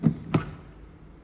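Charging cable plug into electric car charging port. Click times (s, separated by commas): 0.3 s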